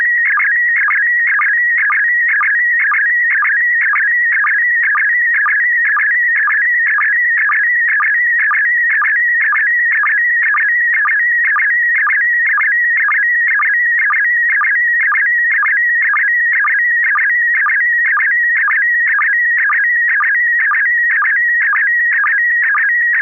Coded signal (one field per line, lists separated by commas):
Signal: SSTV (slow-scan television)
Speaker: to the slow scan. That is a good copy here in the Thomas. We're going to go to George for a first comment on this picture.